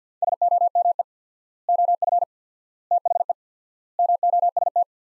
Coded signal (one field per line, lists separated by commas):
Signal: Morse code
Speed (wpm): 48 wpm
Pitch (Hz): 700 Hz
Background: none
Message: SOME OF THE MOST